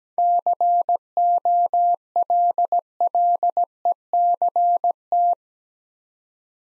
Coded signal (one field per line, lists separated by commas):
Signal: Morse code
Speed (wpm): 17 wpm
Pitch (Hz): 700 Hz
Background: none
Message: COLLECT